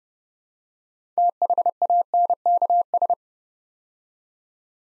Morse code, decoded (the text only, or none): THANKS